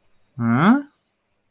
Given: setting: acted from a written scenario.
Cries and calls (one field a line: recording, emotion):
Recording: vocal sound without words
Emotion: confusion